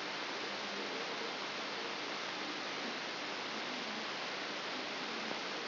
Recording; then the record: brain microelectrode recording played as sound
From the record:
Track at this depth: outside the subthalamic nucleus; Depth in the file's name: 6.101 mm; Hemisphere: left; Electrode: 3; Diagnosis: Parkinson's disease